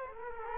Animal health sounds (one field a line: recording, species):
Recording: mosquito wingbeat signal from an infrared sensor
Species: Culex quinquefasciatus